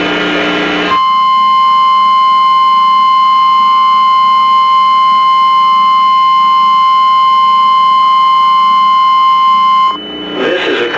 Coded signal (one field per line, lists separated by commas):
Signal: Emergency Alert System (SAME) tones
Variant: 1050 Hz attention tone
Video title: EAS:”The Great West Coast Shakeout Exercise” #SupportSPCLouisville157